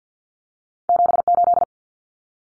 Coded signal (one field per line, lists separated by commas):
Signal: Morse code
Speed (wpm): 50 wpm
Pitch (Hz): 700 Hz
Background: none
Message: 78